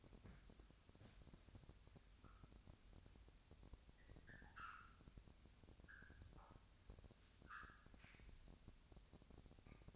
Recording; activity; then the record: daily activity, microphone in the room; wipe stove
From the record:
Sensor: 2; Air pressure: 1006.9 hPa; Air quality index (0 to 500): 198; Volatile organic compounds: 14 ppm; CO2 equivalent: 2433 ppm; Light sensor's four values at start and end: 9/23/9/10 and 9/23/9/10